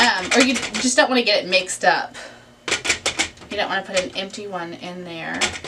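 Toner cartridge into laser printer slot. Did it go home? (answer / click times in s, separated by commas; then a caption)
no / none. A toner cartridge is handled by its color slot in an HP M281 laser printer while someone talks, with faint handling sounds under the speech. The cartridge has not snapped or seated into place yet.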